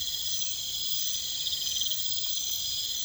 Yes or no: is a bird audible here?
no